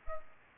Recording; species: mosquito wingbeat signal from an infrared sensor; Culex pipiens